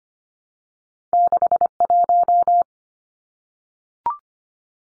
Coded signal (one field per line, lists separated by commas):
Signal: Morse code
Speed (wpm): 25 wpm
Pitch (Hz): 700 Hz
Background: none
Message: 61